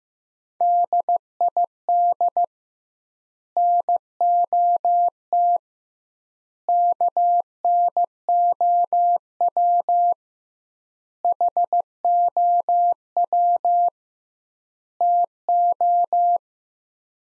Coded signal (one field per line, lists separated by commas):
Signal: Morse code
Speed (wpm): 16 wpm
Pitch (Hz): 700 Hz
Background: none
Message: DID NOT KNOW HOW TO